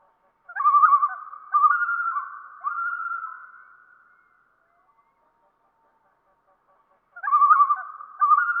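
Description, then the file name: Common loon tremolo, a quavering laughing call in bursts, then a long wavering wail fading out, silence, and a fresh tremolo burst. "solitudes common loon"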